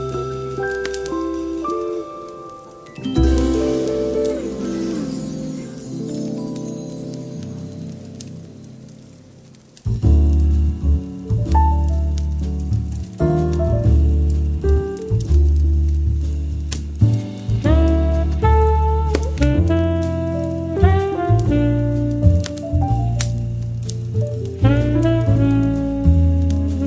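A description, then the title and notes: Soft light jazz with sustained chords and a warm, low bass line. A quiet opening gives way to a fuller passage around three seconds, then a steadier groove from about ten seconds with regular bass notes and bright piano-like tones over the top. Soft Light Jazz & Cozy Crackling Fireplace.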